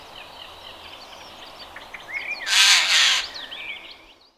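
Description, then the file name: Eurasian jay giving a harsh, rasping screech in two loud bursts midway, while thin chirps and twisting whistles of other small birds run throughout. "Garrulus glandarius"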